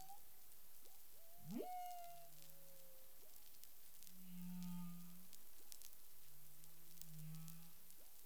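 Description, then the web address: Humpback whale sounds: a fast rising whoop that levels into a long tone, followed by low humming moans with faint harmonics, steady background hiss. Recorded 13 February 2021 around 10:17 UTC. "CARIMAM. humpback whale"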